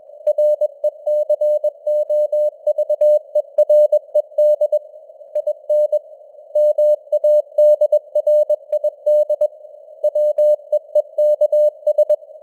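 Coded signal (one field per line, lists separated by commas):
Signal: Morse code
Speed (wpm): 21 wpm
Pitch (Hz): 600 Hz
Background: none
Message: RECOVERED IN MADRID WEEKS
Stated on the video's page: News headlines sent at 21 wpm with simulated radio noise and varying signal strength (QSB).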